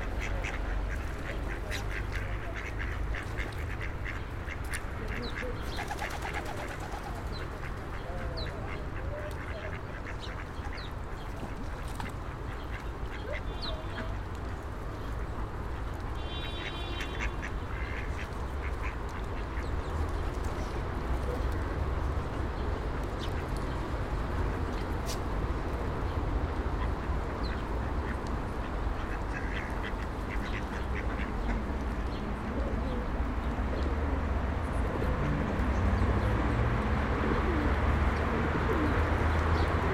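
Ducks and pigeons being fed by passersby: a steady, dense murmur with frequent quacks and scattered calls, a low rumble underneath throughout.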